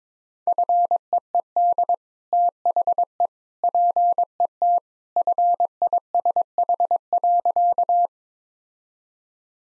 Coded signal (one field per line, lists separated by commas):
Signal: Morse code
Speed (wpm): 22 wpm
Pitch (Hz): 700 Hz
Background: none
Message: FEED THE PET FISH.